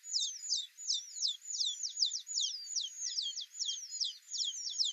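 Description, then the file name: Alpine accentor song: fast, rippling high twitters and trills pouring out continuously with brief dips in loudness. Recorded at Norikura on 24 August 2021. "iwahibarin norikura kuroda"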